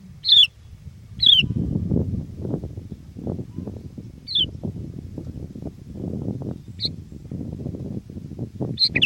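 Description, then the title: Sooty-headed bulbul giving a few short, sharp, downslurred chirps at irregular intervals, over steady low rumbling noise. "kutilang"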